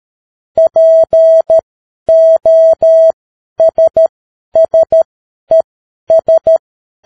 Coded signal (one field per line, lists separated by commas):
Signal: Morse code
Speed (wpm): 13 wpm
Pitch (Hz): 650 Hz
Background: none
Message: POSSES